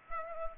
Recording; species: mosquito wingbeat signal from an infrared sensor; Aedes aegypti